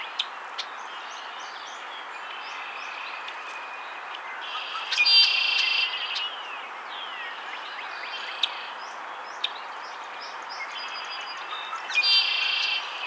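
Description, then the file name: Red-winged Blackbird, two grating buzzy trills roughly seven seconds apart, with short clicking chips and light twittering in the background. "Agelaius phoeniceus - Red-winged Blackbird"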